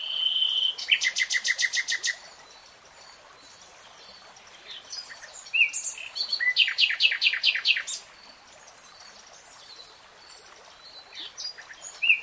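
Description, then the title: Nightingale song with a long whistled note, a fast pulsing rattle, quieter twitters, then a second chattering phrase of rapid repeated notes. Nightingale singing in real time. "[Tiếng chim hót] REALTIME Nightingale Singing"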